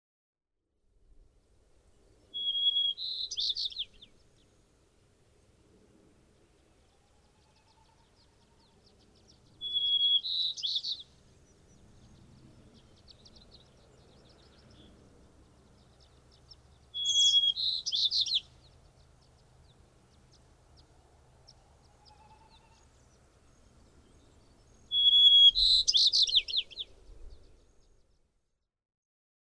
White-crowned Sparrow song recorded at Moraine Park in Rocky Mountain National Park.